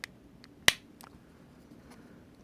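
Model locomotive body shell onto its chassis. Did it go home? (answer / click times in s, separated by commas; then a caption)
yes / 0.7 s. With the decoder, speaker and keep-alive wires tucked inside, a small plastic model locomotive body is pushed forward onto its metal chassis. Faint ticks come at 0.0 s, 0.4 s and 1.0 s, then a single sharp, loud snap at 0.7 s as the body pops into place and is seated on the chassis.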